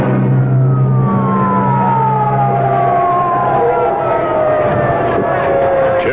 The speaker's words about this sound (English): Now let that ambulance through. And make way for that stretcher.